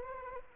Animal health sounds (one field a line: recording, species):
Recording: mosquito wingbeat signal from an infrared sensor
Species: Anopheles arabiensis